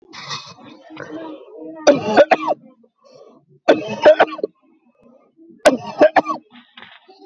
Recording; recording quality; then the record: heavy voluntary cough; excellent, no background noise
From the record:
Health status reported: exposed to COVID-19, no respiratory illness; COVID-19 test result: negative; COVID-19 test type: RT-PCR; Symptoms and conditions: cold, loss of smell and taste, hypertension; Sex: male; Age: 39 years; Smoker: no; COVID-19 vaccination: both doses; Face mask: not worn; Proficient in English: yes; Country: India